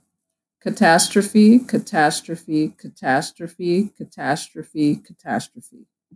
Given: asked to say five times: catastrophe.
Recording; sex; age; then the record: repeated word; female; 30 to 39 years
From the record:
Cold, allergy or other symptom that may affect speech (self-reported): no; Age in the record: 36 years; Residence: Georgia, United States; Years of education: 16